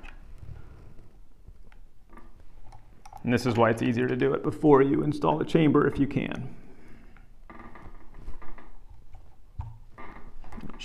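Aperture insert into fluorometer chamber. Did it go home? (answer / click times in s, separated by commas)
no / none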